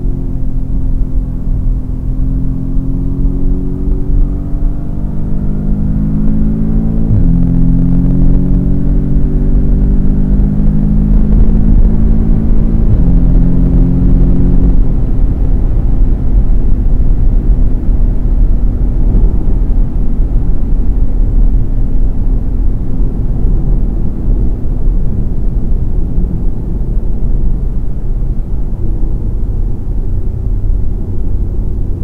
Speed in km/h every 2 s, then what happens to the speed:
99, 106, 117, 132, 149, 163, 174, 173, 167, 160, 153, 146, 139, 133, 127, 121.
0-14 speeds up to 173. 14-32 slows to 121.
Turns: none.